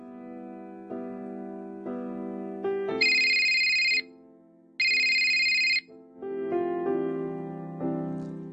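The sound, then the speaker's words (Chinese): A melodic phone ringtone plays alone, a tonal tune with two bright, piercing high bursts in the middle before the lower, steady melody resumes. “咦，乜原来老豆打过电话俾我啊？”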